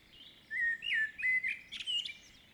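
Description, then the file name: Common blackbird singing a short run of fluty, slurred whistles, mostly low and mellow, ending in a few higher, thinner notes, with quiet background noise. "Turdus merula"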